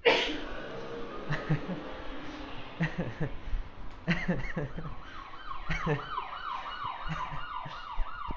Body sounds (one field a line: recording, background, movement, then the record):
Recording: laughter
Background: traffic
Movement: walking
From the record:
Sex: male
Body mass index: 20.5 kg/m2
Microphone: on the chest, facing outward